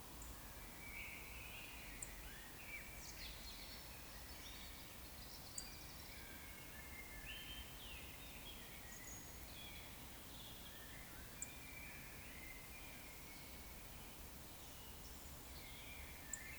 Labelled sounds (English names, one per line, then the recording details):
Eurasian Woodcock whistle
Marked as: whistle, whistle, whistle, whistle, whistle
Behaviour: display flight
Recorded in Baden-Württemberg, Germany, on 19 May 2021 at 18:51 UTC
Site 24608, 624 m above sea level